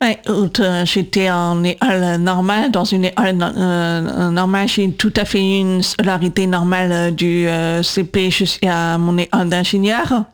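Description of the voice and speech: Adult woman speaking French with deaf speech. Deaf from birth after congenital CMV infection, with severe hearing loss that became profound at age 8. She has bilateral cochlear implants, the first in the left ear at 8. She had speech therapy three times a week and for 20 years in all to learn to speak and control her voice.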